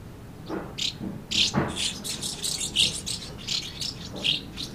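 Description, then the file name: Swallows chattering in rapid, high twittering notes, with a few lower knocks near the start. Several swallows recorded at Amblagnieu on 2 July 2017 with an MZ-N 710 recorder. "MZ-N 710 Hirondelles Amblagnieu 2 07 17"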